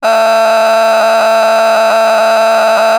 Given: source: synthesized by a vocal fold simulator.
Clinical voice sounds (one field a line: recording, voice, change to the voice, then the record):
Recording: sustained vowel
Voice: female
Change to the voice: a random mix of aspiration noise, stiffness perturbation and strain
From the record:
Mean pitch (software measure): 222 Hz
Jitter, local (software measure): 2.82%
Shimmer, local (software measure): 4.5%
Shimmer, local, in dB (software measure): 0.41 dB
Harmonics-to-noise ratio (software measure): 10.5 dB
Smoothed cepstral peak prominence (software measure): 12.3 dB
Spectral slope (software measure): -17.0 dB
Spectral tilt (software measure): -8.1 dB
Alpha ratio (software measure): -7.5 dB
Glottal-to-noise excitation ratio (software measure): 0.918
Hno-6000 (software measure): 1.6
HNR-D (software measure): 30.5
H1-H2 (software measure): -3.4 dB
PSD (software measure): 1.2e-04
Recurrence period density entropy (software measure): 0.124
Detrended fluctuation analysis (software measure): 0.0092